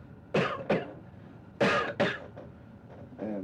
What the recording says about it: I had a cold that day, and I started coughing like this.